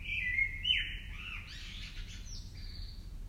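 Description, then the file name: Common blackbird song phrase: a mellow whistled warble dropping in pitch, trailing into a thin, scratchy high twitter over a steady low hum. "Turdus merula"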